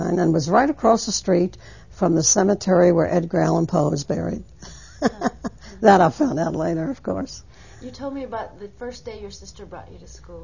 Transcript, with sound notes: And it was right across the street from the cemetery where Edgar Allan Poe was buried. ( she laughs ) That I found out later, of course.
You told me about the first day your sister brought you to school.